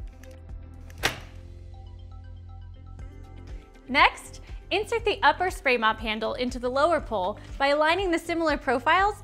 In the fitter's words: Hold the lower mop pole at the bottom with the silver release button facing forward and guide the connector piece into the base until you hear a click.